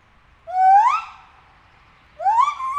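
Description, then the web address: White-handed gibbon calls: two loud rising whoops sweeping upward with rich harmonics, the first long and drawn out, the second starting about two seconds later. Captive animal at Nyíregyháza Zoo, 2019; calls given with shorter and longer pauses between them. "allathangok nyiregyhazizoo 2019 professzionalis feherkezu gibbon kisebbnagyobbszunetekkel nyiregyhaza"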